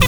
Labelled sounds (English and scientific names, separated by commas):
Zebra Finch (Taeniopygia guttata) tet call